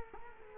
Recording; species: mosquito wingbeat signal from an infrared sensor; Culex quinquefasciatus